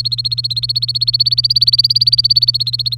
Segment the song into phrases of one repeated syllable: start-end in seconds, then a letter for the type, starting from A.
0.00-2.97 A